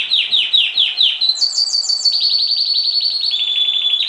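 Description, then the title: Oriental magpie-robin song: a quick series of down-slurred notes flowing into a long, fast, buzzy trill at high pitch. "Kicau Kacer Durasi Panjang 1jam Lebih"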